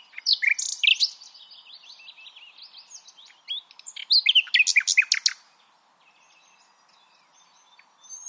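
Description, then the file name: Common nightingale song: rich bursts of rapid, varied notes, some sharp and buzzy, with a loud opening, quieter notes, then a second loud burst, then quiet. "Luscinia megarhynchos"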